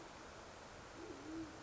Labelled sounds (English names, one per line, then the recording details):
Band-tailed Pigeon
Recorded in Sonoma County, California